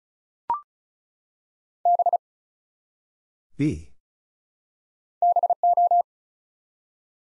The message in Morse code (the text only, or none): B BO